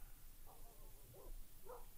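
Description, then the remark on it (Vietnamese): Faint dogs bark far off across a village: three or four muffled, mid-pitched barks at uneven intervals over a low, steady background rumble. “Đâu đó có tiếng chó cắn ma trong làng văng vẳng vọng lại.”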